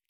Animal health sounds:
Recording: hydrophone in a shrimp aquaculture tank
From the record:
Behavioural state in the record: feeding

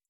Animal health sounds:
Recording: hydrophone in a shrimp aquaculture tank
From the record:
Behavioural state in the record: stressed

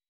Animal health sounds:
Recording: hydrophone in a shrimp aquaculture tank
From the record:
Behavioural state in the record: weakened

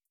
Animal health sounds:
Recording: hydrophone in a shrimp aquaculture tank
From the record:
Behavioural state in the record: starved

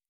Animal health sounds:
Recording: hydrophone in a shrimp aquaculture tank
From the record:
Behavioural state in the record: normal

